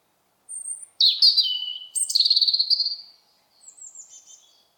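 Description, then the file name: European robin singing a varied phrase of thin high whistles, quick tumbling trills and a warbled ending, with a short pause before a softer, fading high twitter. "Erithacus rubecula"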